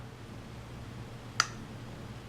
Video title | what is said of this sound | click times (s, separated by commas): SISU Mouth Guard Review - Ep. 164 | You can hear that click because it's that tight. | 1.4 s